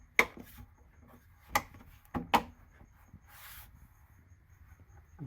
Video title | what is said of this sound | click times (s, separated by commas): 2020 JLUR Hood Vent Removal Let it Breathe!, opening the factory hood vents! | but for the most part, you heard that snap right in there. | 0.2 s